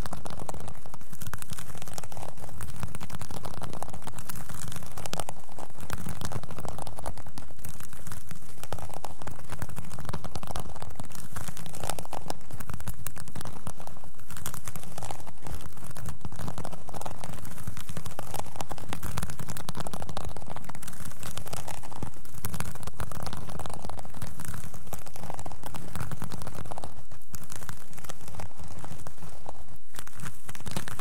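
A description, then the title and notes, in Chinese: Scratching runs without pause for the whole half minute, a dense, rough rasping made of many quick strokes that blur together. The level stays loud and even, with brighter crackly bursts now and then and a low rumbling layer underneath. 抓挠声。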